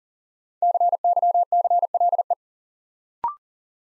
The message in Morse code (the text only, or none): CYCLE